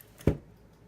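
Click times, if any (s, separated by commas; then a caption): 0.3 s. A memory module is slid into a desktop motherboard DIMM slot and pushed until the retention clips snap shut. A faint tick is heard around 0.2 s, then a sharp snap at 0.3 s, and the module is seated.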